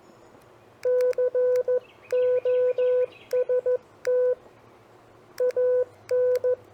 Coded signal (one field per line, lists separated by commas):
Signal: Morse code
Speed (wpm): 14 wpm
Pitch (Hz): 500 Hz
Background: none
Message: COST AN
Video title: 5 Common Phrases for CW Copy Practice